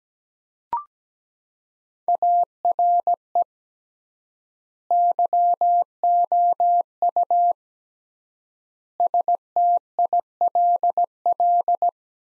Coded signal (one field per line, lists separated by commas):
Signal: Morse code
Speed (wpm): 17 wpm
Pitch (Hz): 700 Hz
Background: none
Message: ARE YOU STILL